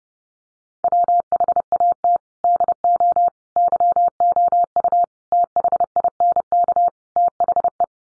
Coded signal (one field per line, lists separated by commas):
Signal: Morse code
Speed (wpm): 30 wpm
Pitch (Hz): 700 Hz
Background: none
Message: WHAT DO YOU THINK THE